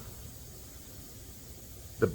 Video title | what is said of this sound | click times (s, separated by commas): More Money with Time Saving Tools for Mechanics | and you push it on. You you'll see you hear the click. Okay. | 2.0 s